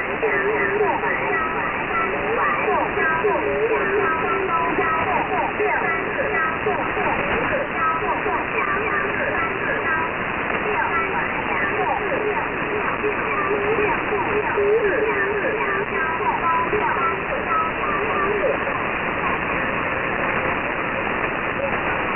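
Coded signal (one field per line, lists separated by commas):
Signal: numbers station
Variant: VC01 Chinese Robot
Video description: The Chinese oddity station VC01, also called the "Chinese Robot" has been around for many years.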